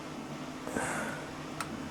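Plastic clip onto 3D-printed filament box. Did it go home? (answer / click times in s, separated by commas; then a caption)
no / none. A 3D-printed plastic clip is pushed onto a 3D-printed filament spool box; it has to sit right in the middle to clip on. A soft scraping rustle rises around 0.7 s and a brief sharp tap sounds at 1.6 s over a low steady hum. The attempt misses and nothing has clicked or latched yet.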